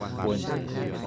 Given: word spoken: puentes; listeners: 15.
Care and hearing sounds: one Spanish word in noise, from a listening test; eight-talker babble; -2.2 dB; 1 of 15; 6 of 15; 0.67 s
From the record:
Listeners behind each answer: 6, 1, 1, 1, 1, 1, 1, 1, 1, 1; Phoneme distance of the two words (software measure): 7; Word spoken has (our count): 2 syllables, 7 phonemes, stress on syllable 1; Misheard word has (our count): 2 syllables, 6 phonemes, stress on syllable 1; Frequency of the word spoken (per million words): 12.37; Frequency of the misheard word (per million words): 45.99

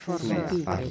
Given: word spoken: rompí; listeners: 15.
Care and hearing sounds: one Spanish word in noise, from a listening test; four-talker babble; -0.8 dB; 0 of 15; 6 of 15; 0.51 s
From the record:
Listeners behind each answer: 6, 4, 1, 1, 1, 1, 1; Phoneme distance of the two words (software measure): 41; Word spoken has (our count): 2 syllables, 5 phonemes, stress on syllable 2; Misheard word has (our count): 2 syllables, 6 phonemes, stress on syllable 1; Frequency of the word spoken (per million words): 1.18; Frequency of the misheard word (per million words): 138.19

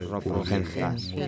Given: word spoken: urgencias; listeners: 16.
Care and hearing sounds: one Spanish word in noise, from a listening test; four-talker babble; -0.9 dB; 3 of 16; 6 of 16; 0.88 s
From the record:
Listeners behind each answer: 6, 3, 3, 1, 1, 1, 1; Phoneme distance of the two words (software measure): 65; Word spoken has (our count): 3 syllables, 9 phonemes, stress on syllable 2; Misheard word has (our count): 2 syllables, 4 phonemes, stress on syllable 1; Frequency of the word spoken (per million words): 10.69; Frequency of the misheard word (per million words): 60.38

